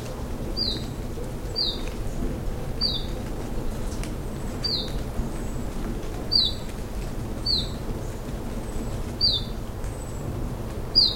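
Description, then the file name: Iberian chiffchaff, short sharp high notes repeated every one to two seconds, steady low rumble of background noise throughout. "iberischer zilpzalp"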